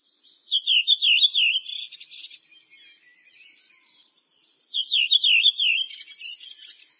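Bird gives a high, undulating string of whistled notes that runs on into scratchy twittering, then a second similar burst near the end; no other sounds stand out.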